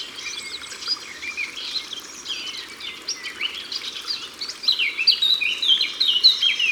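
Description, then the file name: Eurasian blackcap song: a jumbled, scratchy warble that builds into a louder run of clear whistled notes toward the end, with steady hiss behind. Recorded by the water. "Fauvette a tete noire Au bord de leau"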